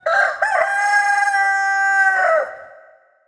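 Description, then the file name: Chicken: rooster crowing one loud cock-a-doodle-doo, a brief opening note then a long sustained strained cry that breaks and fades after about two and a half seconds. "kikeriki"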